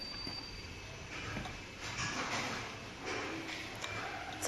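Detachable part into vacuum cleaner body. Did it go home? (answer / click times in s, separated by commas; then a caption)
no / none. A detachable part is refitted into a vacuum cleaner body during cleaning, producing low rustling and shuffling handling noise with a brief sharper knock near 3.8 seconds. No click is heard, and the part has not latched into place.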